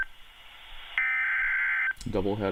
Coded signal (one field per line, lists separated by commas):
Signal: Emergency Alert System (SAME) tones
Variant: header bursts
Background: speech